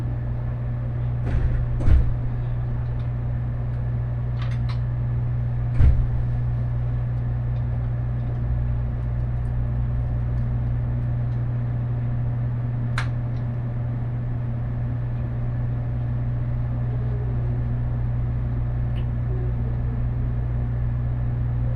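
The limited express Huis Ten Bosch No. 26 runs from Huis Ten Bosch toward Takeo Onsen with a steady, deep droning hum and an even rumble throughout. A few sharp knocks and clicks break in near 2, 5, 6 and 13 seconds.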